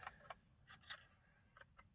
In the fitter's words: there we go that clicks back in